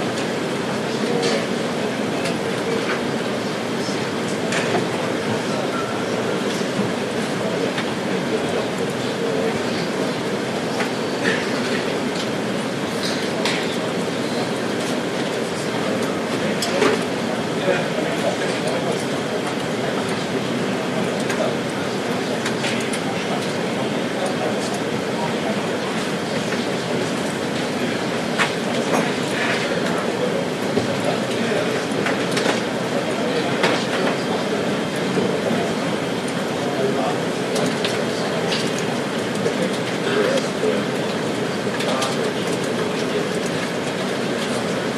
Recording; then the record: background sound without coughing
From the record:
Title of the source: Office Sounds Ambience - Background Noise for Study and Work